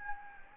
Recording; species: mosquito wingbeat signal from an infrared sensor; Anopheles gambiae